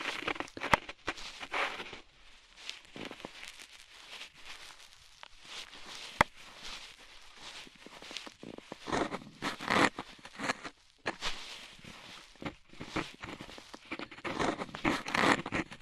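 Ear cleaning with rhinestone and clay removal: dense, irregular crackling and scraping rustles, with brief clicks and tones near ten and fifteen seconds.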